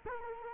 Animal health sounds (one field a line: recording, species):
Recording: mosquito wingbeat signal from an infrared sensor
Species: Culex quinquefasciatus